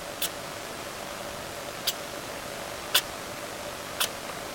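Four tiny, sharp, high-pitched bursts over a steady background hiss: a small sugar glider sneezing repeatedly.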